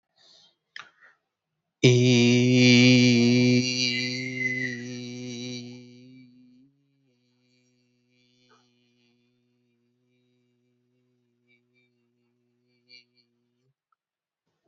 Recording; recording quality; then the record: sustained vowel as in beet; excellent, no background noise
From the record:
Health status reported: healthy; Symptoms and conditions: none ticked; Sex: male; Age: 42 years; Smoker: not ticked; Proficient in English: yes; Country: India